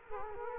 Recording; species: mosquito wingbeat signal from an infrared sensor; Culex quinquefasciatus